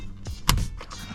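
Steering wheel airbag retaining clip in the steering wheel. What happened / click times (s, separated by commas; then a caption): A spring retaining clip snapped free / 0.5 s. A pin is pushed into the release hole on the back of the steering wheel of a Roush Mustang, which is switched off, during a GT350 steering wheel install. At 0.5 s the steering wheel airbag's spring retaining clip gives a sharp click, followed by a fainter tap at 0.8 s. The clip is released and that side of the airbag is free.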